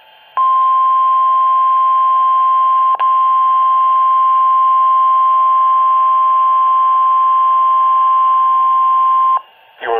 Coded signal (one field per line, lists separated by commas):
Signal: Emergency Alert System (SAME) tones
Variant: 1050 Hz attention tone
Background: speech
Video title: [EAS #42] RWT (3/14/2018)